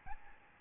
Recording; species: mosquito wingbeat signal from an infrared sensor; Aedes albopictus